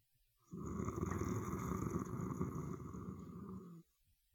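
A single long, low, rattling snore from a sleeping adult, lasting about three seconds.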